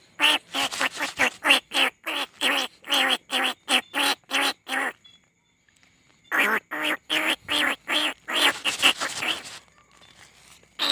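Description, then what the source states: Field rat squealing, quick series of harsh nasal squeaks, a silent break of about a second, then the rapid squeaks resume. Lure call recording.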